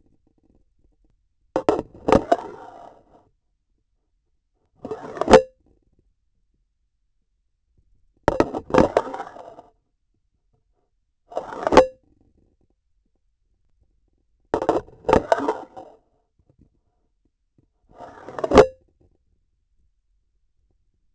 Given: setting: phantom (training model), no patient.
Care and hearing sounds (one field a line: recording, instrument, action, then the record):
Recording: laparoscopic instrument, vibration sensor on the handle end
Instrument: grasping forceps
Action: insertion and removal through the trocar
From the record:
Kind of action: spatial motion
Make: Olympus